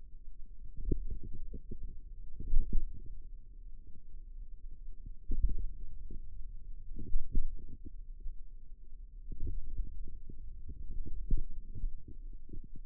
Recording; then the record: forearm muscle sounds (acoustic myography)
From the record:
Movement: pen grasping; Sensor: system 2, bracelet of six BSWA MPA416 microphones around the upper forearm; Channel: 3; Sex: female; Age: 22 years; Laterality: right